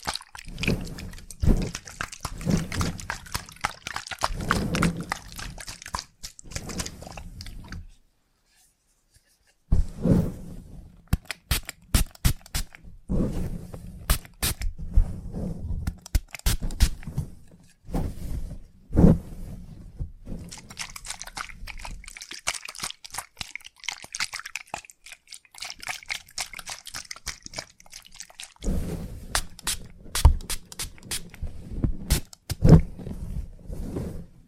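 Salon haircut sounds: a dense stream of quick, sharp snips and crisp rustles, with soft low thumps and handling noises underneath. Activity pauses briefly near eight seconds, then resumes irregularly, with a thin steady buzz around 20 to 28 seconds, like clippers running.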